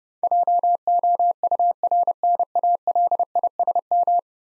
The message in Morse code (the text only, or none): JOURNALISM